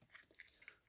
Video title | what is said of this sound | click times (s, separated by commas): Age of the Primes Alchemist Prime (Random Review) | Make sure they both snap into place down here below. | 0.5 s, 0.7 s